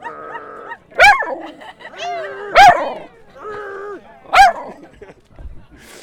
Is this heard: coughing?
no